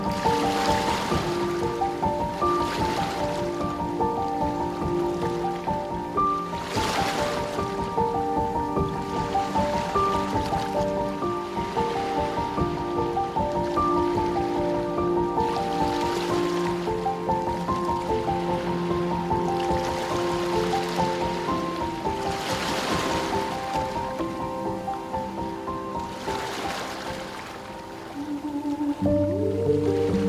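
Gentle piano melodies play over a continuous wash of ocean waves. The piano holds steady sustained notes in the low and middle range, while surf swells rise and fall every few seconds. Near the end the sound dips briefly, then a low rumble enters.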